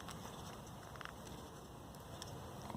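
A float bowl cover is pressed onto the carburetor body of a Yard Machine 550 EX push mower, with the small bump on the cover lined up to the right. Over a low background hiss, a faint double snap at 1.0 and 1.1 seconds marks the cover clicking into place, and it sits seated.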